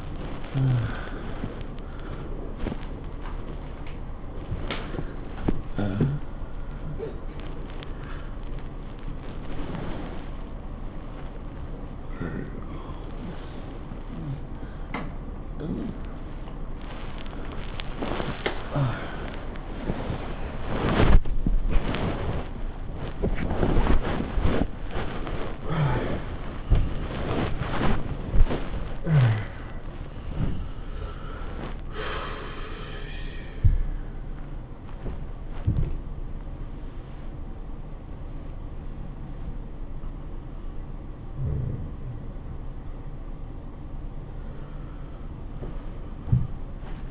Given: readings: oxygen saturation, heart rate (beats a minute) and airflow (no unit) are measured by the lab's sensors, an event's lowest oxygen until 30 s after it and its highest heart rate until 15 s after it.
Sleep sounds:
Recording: a person awake in a sleep study, by a smartphone at the bedside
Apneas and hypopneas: none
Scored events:
0.00-47.11 s: awake
From the record:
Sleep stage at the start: awake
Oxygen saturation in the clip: 94 to 96%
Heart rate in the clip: 108 to 122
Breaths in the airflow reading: 9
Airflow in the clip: -13.9 to 16.2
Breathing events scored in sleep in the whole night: 403 in 5.5 hours asleep

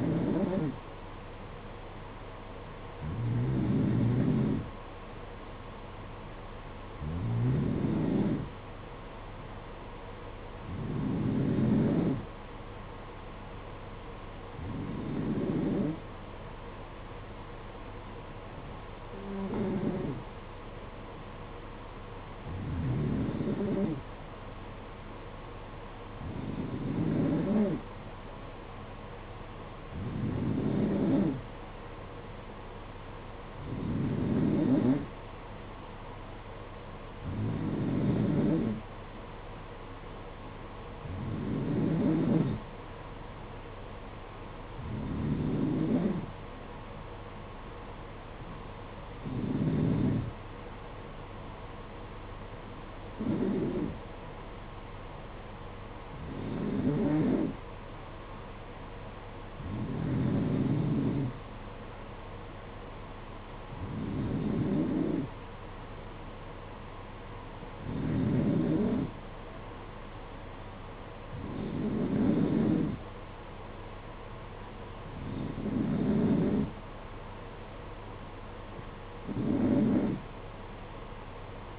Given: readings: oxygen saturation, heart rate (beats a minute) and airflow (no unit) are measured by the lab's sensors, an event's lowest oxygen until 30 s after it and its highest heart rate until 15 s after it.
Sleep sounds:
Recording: breathing in sleep by a voice recorder at the bedside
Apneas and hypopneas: none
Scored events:
none scored
From the record:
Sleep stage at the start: N2 (light sleep)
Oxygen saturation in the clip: 91 to 92%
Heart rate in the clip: 55 to 60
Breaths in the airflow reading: 22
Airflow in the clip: -7.2 to 4.5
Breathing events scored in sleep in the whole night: 476 in 9.7 hours asleep

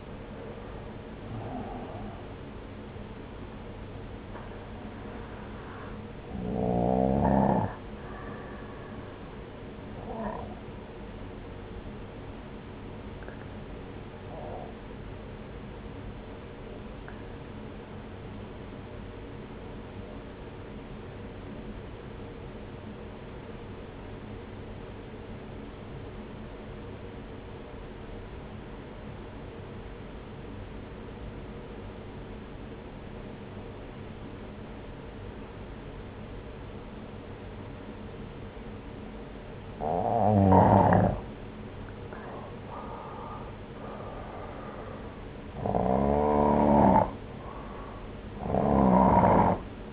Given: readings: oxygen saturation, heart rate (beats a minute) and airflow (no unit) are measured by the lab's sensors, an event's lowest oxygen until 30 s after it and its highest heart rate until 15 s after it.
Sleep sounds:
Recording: breathing in sleep by a voice recorder at the bedside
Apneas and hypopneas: 1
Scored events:
13.00-41.00 s: obstructive apnea (N1, oxygen 95% highest, then 86% lowest, heart rate 61 at the start, 68 highest)
From the record:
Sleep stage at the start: N1 (lightest sleep)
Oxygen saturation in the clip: 86 to 95%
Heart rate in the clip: 58 to 69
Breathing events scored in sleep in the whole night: 303 in 8.1 hours asleep

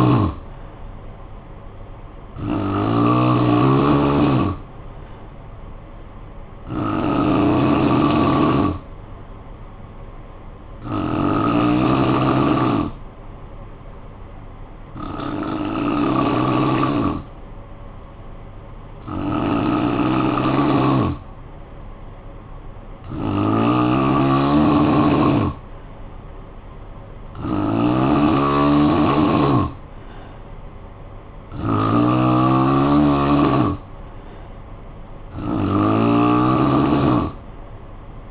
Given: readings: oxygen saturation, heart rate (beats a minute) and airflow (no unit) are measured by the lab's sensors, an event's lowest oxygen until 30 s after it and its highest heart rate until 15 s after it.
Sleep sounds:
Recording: breathing in sleep by a smartphone at the bedside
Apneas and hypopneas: 1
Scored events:
12.00-24.00 s: hypopnea (N3, oxygen 93% highest, then 89% lowest, heart rate 57 at the start, 58 highest)
From the record:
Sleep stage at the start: N3 (deep sleep)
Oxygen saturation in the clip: 89 to 93%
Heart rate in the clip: 54 to 58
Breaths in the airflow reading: 10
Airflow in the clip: -10.1 to 4.9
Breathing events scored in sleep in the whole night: 445 in 7.6 hours asleep

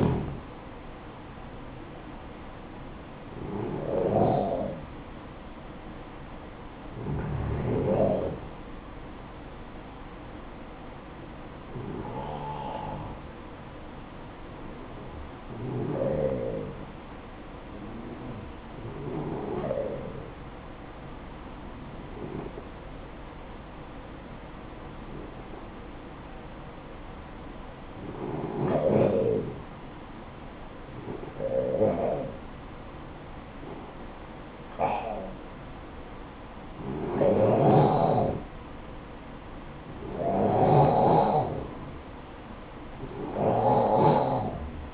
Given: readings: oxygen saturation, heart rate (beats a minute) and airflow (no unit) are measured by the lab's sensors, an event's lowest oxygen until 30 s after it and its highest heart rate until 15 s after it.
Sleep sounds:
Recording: breathing in sleep by a voice recorder at the bedside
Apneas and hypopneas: 1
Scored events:
15.00-34.00 s: hypopnea (N2, oxygen 95% highest, then 91% lowest, heart rate 56 at the start, 65 highest)
From the record:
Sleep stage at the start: N2 (light sleep)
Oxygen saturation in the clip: 92 to 95%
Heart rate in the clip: 56 to 65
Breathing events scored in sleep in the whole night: 573 in 9.8 hours asleep

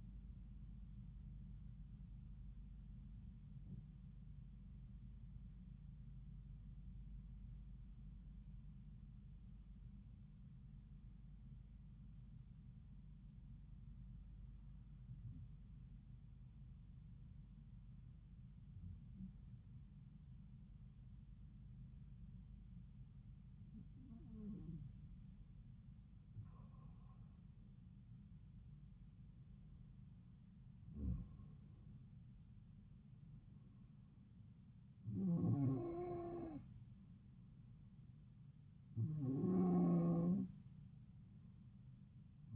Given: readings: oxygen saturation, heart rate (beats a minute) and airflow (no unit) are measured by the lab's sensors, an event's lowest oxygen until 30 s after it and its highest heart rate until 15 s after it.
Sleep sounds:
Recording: breathing in sleep by a smartphone at the bedside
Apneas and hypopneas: 1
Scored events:
8.00-28.50 s: hypopnea (N1, oxygen 95% highest, then 91% lowest)
From the record:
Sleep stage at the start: N1 (lightest sleep)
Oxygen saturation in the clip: 91 to 95%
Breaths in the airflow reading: 10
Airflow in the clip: -4.8 to 6.1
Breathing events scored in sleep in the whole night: 270 in 6.1 hours asleep

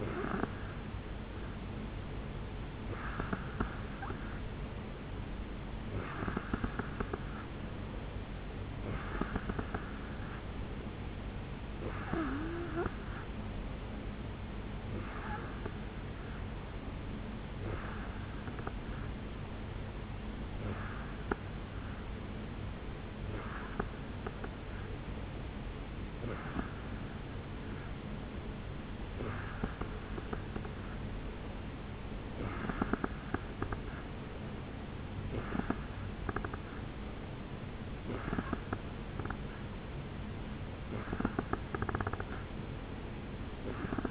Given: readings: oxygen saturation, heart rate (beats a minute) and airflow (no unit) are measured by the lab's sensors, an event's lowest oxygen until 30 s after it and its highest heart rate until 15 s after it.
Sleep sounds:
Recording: breathing in sleep by a voice recorder at the bedside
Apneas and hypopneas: none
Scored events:
none scored
From the record:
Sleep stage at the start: N2 (light sleep)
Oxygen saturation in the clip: 87 to 89%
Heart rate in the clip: 69 to 73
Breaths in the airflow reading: 15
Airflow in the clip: -3.9 to 2.8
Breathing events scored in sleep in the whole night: 449 in 7.0 hours asleep

